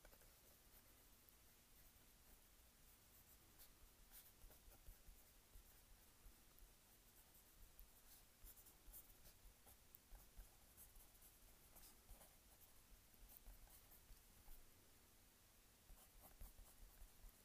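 Pen on paper as someone writes in a journal, a soft continuous scratching with small bright ticks and strokes scattered throughout. The sound is quiet, with a low steady hum underneath and occasional light rustles.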